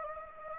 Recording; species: mosquito wingbeat signal from an infrared sensor; Anopheles gambiae